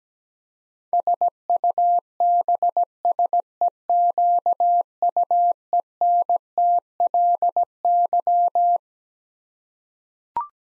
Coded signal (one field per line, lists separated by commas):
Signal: Morse code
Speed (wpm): 17 wpm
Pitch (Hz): 700 Hz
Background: none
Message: SUBSEQUENTLY